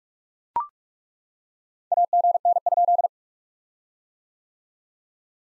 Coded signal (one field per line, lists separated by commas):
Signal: Morse code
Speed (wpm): 41 wpm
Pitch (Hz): 690 Hz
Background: none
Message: AGN?